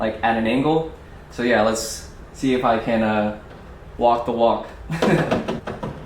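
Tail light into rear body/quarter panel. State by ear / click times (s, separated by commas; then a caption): not seated / none. Someone talks while handling a CS LCI Shadowline tail light housing at an angle against the rear body/quarter panel of a BMW F80 M3, ready to sink the inner side in first and push it in one motion. Handling noises follow toward the end of the clip, but nothing has seated or clicked yet.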